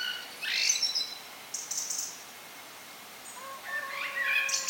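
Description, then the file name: Common blackbird with scattered high squeaky notes, then a few lower fluty notes, over a constant hissing background. "Turdus merula"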